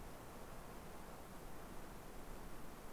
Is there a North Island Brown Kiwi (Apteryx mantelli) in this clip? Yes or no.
no